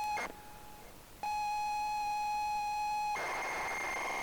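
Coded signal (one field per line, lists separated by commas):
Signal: ZX Spectrum tape loading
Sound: short burst, a pause, a steady buzzy lead tone for about two seconds, then harsh data screech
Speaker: let's do the tape loader okay come on tape II we want to play dizzy the crash Edition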